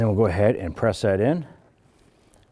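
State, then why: Not seated. Someone talks while pressing a plastic connector or clip by hand into its mount in the engine bay of a 2012-2017 Toyota Camry, during reassembly after replacing the rear exhaust manifold catalytic converter assembly. The speech ends around 1.5 s, followed by near silence with a couple of very faint ticks. Nothing has seated or clicked yet.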